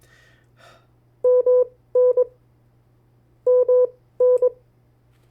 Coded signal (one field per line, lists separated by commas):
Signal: Morse code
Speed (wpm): 21 wpm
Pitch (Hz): 500 Hz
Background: none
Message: MN MN